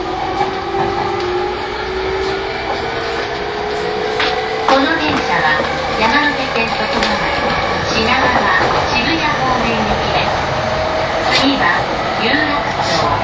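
A Yamanote Line E231 train rumbles steadily throughout, with a rising motor whine early, clacks and voices from about five seconds on.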